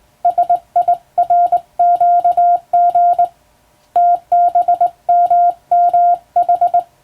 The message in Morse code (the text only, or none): SIRQG TBMMH